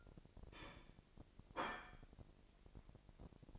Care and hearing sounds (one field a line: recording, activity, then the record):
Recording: daily activity, microphone in the room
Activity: place plate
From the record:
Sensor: 5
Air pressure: 1007.5 hPa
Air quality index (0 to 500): 89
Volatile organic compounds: 1 ppm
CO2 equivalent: 701 ppm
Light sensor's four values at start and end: 30/71/28/29 and 30/71/28/29